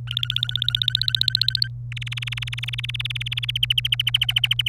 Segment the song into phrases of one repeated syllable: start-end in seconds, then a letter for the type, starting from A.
0.07-1.68 A, 1.92-3.51 B, 3.55-4.69 C